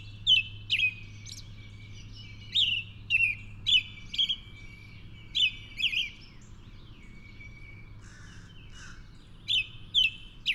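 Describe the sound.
Bird song of short, bright, high chirped phrases with quick downward slurs, repeated in bursts roughly every half second, pausing briefly before resuming; a faint low hum underneath.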